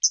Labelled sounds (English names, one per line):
Hooded Warbler flight call